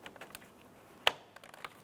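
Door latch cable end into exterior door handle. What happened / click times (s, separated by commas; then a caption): The cable end snapped into its plastic socket / 1.1 s. A door latch cable end is pushed onto the back of a new plastic left front exterior door handle for a 2006–2013 Chevrolet Impala. Faint ticks and taps lead up to one sharp, loud pop at 1.1 s as the cable end seats in place, followed by a few lighter clicks.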